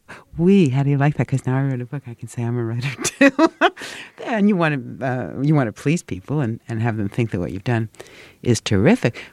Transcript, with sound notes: how do you like that? 'Cause now I wrote a book, I can say I'm a writer, too (laughter). And you want to please people and have them think that what you've done is terrific.